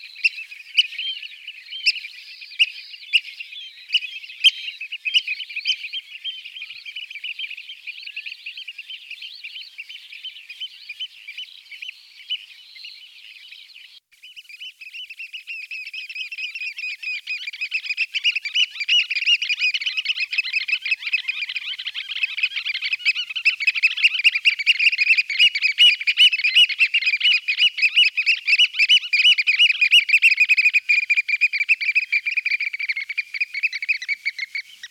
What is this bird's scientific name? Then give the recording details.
Haematopus ostralegus. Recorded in the wild. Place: Cuxhaven, Schleswig-Holstein, DE. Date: 1978-07-06. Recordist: Schwarz, Dieter